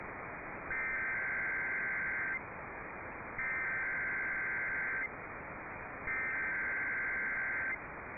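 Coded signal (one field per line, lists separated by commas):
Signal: Emergency Alert System (SAME) tones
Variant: header bursts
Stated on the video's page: Required monthly and weekly test EAS tones, received on an HDR14 receiver with the station on HD.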